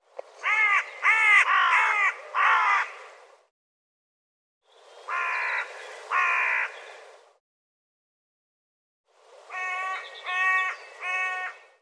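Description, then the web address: Bird giving harsh, hoarse cawing calls in three separate bursts of two to four notes each, with short silent gaps between bursts. "cianscape birddata"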